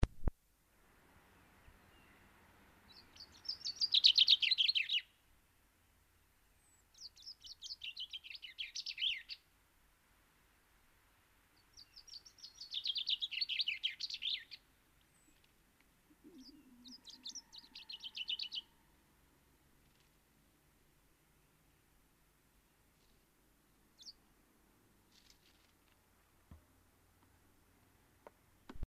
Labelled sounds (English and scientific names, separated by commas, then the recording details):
Common Chaffinch (Fringilla coelebs) song, Common Blackbird (Turdus merula)
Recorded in the wild
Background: Turdus merula
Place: Kaiserslautern, Rheinland-Pfalz, DE
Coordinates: 49.4283, 7.77889
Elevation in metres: 279
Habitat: garden
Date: 1977-03-07
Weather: sonnig, warm
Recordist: Tretzel, Erwin
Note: Garten, Kaiserslautern: Gesang